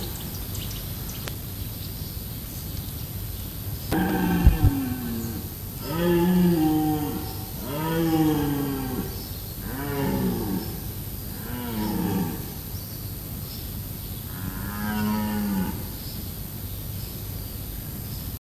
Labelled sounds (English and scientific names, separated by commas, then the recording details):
Red Deer (Cervus elaphus) roaring
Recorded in captivity
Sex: male
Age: adult
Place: Hermsdorf, Wildgehege, Berlin, DE
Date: 2005-09-25 12:30
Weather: sunny, 21°C
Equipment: Panasonic RQ-2102, Sennheiser ME 80, Kopie Uher 4000 Report Monitor
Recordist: Tembrock, Günter
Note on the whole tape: "Röhren"